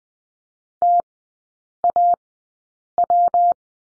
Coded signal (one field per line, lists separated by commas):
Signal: Morse code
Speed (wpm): 20 wpm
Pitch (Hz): 700 Hz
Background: none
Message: TAW